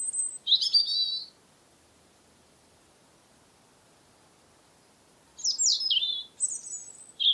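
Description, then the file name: European robin song: short high warbled phrases, a long silence, then more thin, descending twittering notes. "european robin - erithacus rubecula"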